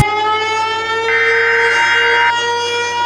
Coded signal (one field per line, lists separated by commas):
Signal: Emergency Alert System (SAME) tones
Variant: header bursts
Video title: EAS Mockup - Failed Delivery